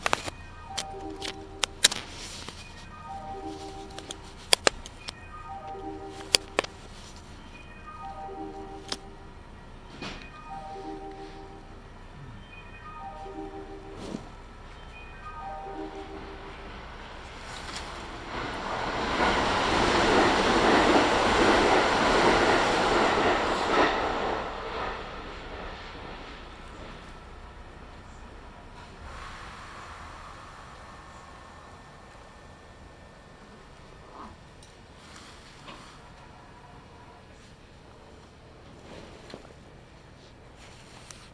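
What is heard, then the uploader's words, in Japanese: A Kintetsu Nagoya Line local train running from Shiohama to Shiroko. For the first sixteen seconds a tonal chime repeats about every two seconds over a low hum and scattered clicks. A loud rushing roar swells and fades around 19–25 seconds, then quieter rumbling follows. 近鉄名古屋線各駅停車 塩浜→白子。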